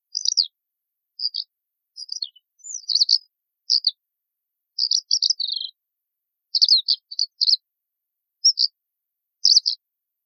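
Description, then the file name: Eurasian skylark song: bursts of high, rapid, scratchy chirps and trills in short phrases separated by brief pauses, otherwise quiet. "allodola"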